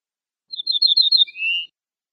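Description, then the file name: Ortolan bunting song: a quick run of high notes in a row, ending in a longer, lower, slightly rising tone, against silence. "suara kicauan ortolan"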